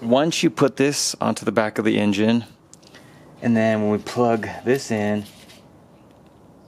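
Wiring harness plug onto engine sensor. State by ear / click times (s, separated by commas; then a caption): not seated / none. Someone talks while handling a wiring harness plug for a sensor on the back of the engine during a DPFI-to-MPFI conversion on an 88–91 Honda Civic or CRX. A few faint, brief handling sounds occur around 2.7 to 3.0 seconds between stretches of talk. The plug has not yet snapped into place; nothing has seated or clicked yet.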